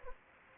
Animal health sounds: mosquito wingbeat signal from an infrared sensor; Anopheles gambiae

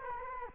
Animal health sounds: mosquito wingbeat signal from an infrared sensor; Culex quinquefasciatus

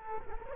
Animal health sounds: mosquito wingbeat signal from an infrared sensor; Culex quinquefasciatus

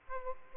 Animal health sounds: mosquito wingbeat signal from an infrared sensor; Aedes aegypti

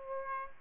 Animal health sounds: mosquito wingbeat signal from an infrared sensor; Aedes aegypti

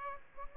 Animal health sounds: mosquito wingbeat signal from an infrared sensor; Aedes aegypti

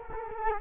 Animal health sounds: mosquito wingbeat signal from an infrared sensor; Culex quinquefasciatus

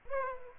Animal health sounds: mosquito wingbeat signal from an infrared sensor; Aedes aegypti

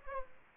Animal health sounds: mosquito wingbeat signal from an infrared sensor; Aedes aegypti

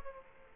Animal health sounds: mosquito wingbeat signal from an infrared sensor; Aedes aegypti

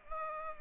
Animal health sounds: mosquito wingbeat signal from an infrared sensor; Culex pipiens

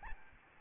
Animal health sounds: mosquito wingbeat signal from an infrared sensor; Aedes albopictus

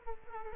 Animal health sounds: mosquito wingbeat signal from an infrared sensor; Culex quinquefasciatus

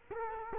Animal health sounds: mosquito wingbeat signal from an infrared sensor; Culex quinquefasciatus

